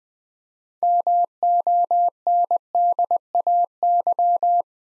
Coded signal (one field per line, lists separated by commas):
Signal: Morse code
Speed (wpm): 21 wpm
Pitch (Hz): 700 Hz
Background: none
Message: MONDAY